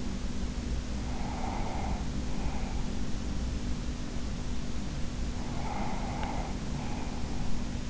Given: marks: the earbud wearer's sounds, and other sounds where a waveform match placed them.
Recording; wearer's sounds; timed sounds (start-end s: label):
sounds in sleep by an in-ear microphone; breath
0.82-3.44 s: breath
5.06-7.90 s: breath